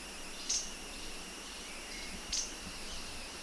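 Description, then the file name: Grey-bellied tesia calls: two sharp, very high ticking notes about two seconds apart over a steady high drone. Call; Da Yao Shan, Guangxi, China. "Grey Bellied Tesia Call - 004 Guangxi Da Yao Shan"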